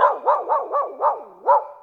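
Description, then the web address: Dog barking, six quick yapping barks in under two seconds, each with a rising then falling pitch. "best service Blue Box animals dog"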